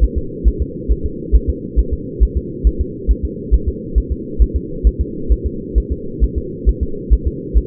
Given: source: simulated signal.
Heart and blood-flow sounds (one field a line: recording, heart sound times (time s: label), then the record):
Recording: fetal heart sounds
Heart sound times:
0.04 s: S1
0.18 s: S2
0.48 s: S1
0.62 s: S2
0.92 s: S1
1.06 s: S2
1.35 s: S1
1.50 s: S2
1.79 s: S1
1.93 s: S2
2.23 s: S1
2.37 s: S2
2.67 s: S1
2.81 s: S2
3.11 s: S1
3.25 s: S2
3.54 s: S1
3.68 s: S2
3.98 s: S1
4.12 s: S2
4.42 s: S1
4.56 s: S2
4.87 s: S1
5.01 s: S2
5.32 s: S1
5.47 s: S2
5.78 s: S1
5.92 s: S2
6.24 s: S1
6.38 s: S2
6.69 s: S1
6.83 s: S2
7.13 s: S1
7.27 s: S2
7.58 s: S1
From the record:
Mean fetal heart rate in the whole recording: 135 bpm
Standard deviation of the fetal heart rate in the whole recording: 3 bpm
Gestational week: 34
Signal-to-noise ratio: -4.3 dB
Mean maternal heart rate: 72 bpm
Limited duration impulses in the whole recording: absent